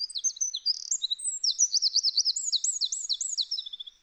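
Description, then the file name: Eurasian wren song, an energetic cascade of high twittering notes and repeated looped phrases that carries on throughout and fades at the end. "Troglodytes troglodytes"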